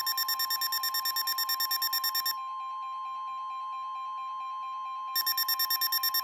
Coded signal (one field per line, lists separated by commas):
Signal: Emergency Alert System (SAME) tones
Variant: 1050 Hz attention tone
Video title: April Storms || EAS Alerts from 4/22/23 || EAS 900-922